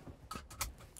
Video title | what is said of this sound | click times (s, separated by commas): CDL Pre-trip inspection with Instructor Mike Adams from National Training, Inc. | and it latches and secure | 0.3 s